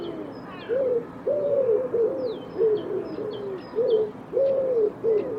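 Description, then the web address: Bird cooing steadily: a run of low, rounded notes that rise and fall, coming in close groups, with brief high twitters from other birds. "cianscape birddata Deverinetal 2025 Bird Co Pa Co Pa"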